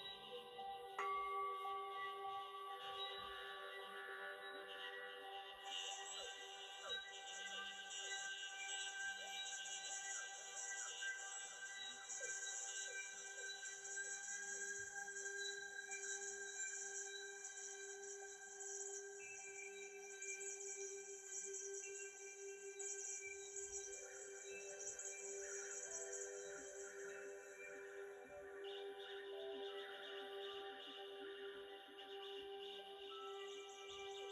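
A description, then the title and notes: Bowl sounds layered with MIDI tones ring out as long sustained, shimmering notes, steady in level throughout. A high bright layer enters around six seconds and drops away near twenty-eight, while a firm mid-pitched hum persists underneath, with faint low rumbles and soft taps scattered across. MIDI and BOWL sounds 7 mins per chakra.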